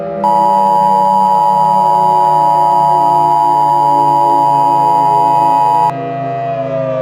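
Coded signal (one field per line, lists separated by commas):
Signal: Emergency Alert System (SAME) tones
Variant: 853 and 960 Hz attention tone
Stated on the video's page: Fictional EAS scenario made as an animated movie.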